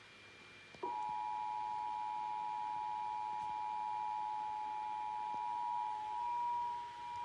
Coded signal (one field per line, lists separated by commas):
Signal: Emergency Alert System (SAME) tones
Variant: 853 and 960 Hz attention tone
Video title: EAS Tornado Warning Canadian, and Grady OK